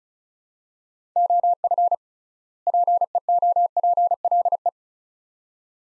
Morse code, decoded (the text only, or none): OF PEOPLE